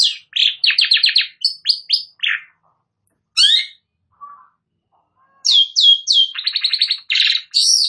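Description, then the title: Long-tailed shrike in a lively jumbled song of rapid trills, buzzes and sliding whistles, pausing briefly before another burst of varied notes. Described as gacor, singing actively. "Cendet Gacor"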